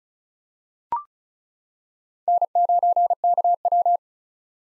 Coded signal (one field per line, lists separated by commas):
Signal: Morse code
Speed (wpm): 34 wpm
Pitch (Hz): 700 Hz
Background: none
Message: N9KW